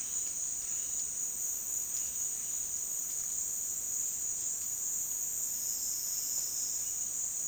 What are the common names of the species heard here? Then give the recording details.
none. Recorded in dense forest near Puerto Asís, Putumayo, Colombia, on 18 February 2024 at 14:30. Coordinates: 0.466, -76.327. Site G6413